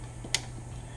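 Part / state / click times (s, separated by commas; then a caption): second EVAP hose quick-connector onto the purge valve / seated / 0.4 s. The second plastic quick-connect EVAP hose fitting is pushed onto the purge valve of a Mustang without pressing the release button. It gives one sharp, bright snap at 0.4 s over a steady low hum. The connector snaps on and is seated.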